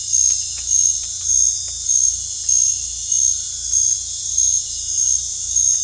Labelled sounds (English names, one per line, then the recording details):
none
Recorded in dense forest near Puerto Asís, Putumayo, Colombia, on 18 December 2024 at 19:30
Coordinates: 0.486, -76.317
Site G003